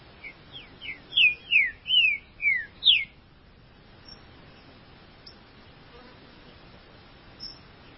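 Green-winged saltator delivering a phrase of soft introductory notes building into five loud whistled notes, mostly falling, then quiet.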